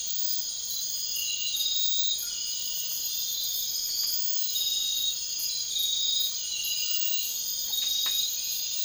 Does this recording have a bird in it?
no